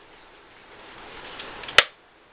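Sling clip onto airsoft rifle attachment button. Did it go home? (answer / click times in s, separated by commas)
yes / 1.8 s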